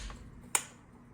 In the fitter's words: and you you'll hear that click so what's important to happen in the end